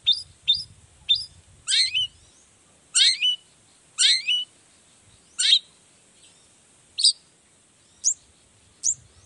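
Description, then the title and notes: Long-tailed shrike song, sharp chips and falling harsh notes given in pairs and singly every second or so, with soft low rumbling. Long-tailed shrike in full song (gacor) in the morning, singing the 'toet toet' variation; said to prompt other shrikes to answer. "Cendet Gacor Dor Di Kala Pagi Toet Toet Variasi Suara. Burung cendet"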